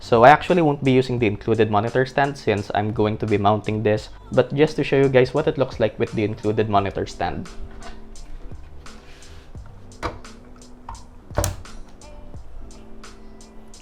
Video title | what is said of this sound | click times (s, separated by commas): Best Value 144Hz Monitor for UNDER P10K! - AOC 24G2E Review! | Okay, pretty simple. It clicks into place. | 10.9 s, 11.4 s